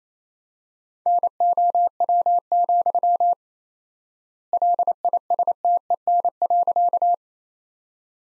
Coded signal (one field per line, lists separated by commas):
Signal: Morse code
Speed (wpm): 28 wpm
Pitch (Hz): 700 Hz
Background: none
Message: NOW, LISTEN.